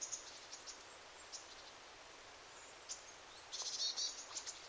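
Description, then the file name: Eurasian blue tit call: a single quick burst of high, sibilant notes late, with a few faint high ticks earlier against constant background hiss. "Cyanistes caeruleus"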